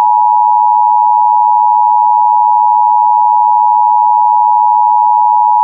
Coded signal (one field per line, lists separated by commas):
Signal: Emergency Alert System (SAME) tones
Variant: 853 and 960 Hz attention tone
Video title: EAS MOCK 3 :The Dingle Event